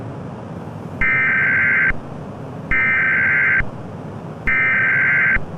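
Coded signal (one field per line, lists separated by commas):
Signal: Emergency Alert System (SAME) tones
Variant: header bursts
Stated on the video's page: Fictional EAS scenario.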